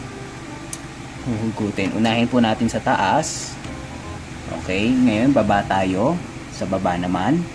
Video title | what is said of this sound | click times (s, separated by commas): PC UPGRADE 101 - RAM UPGRADE - SHOPEE UNBOXING | Pag narinig nyo na yung click, | 0.7 s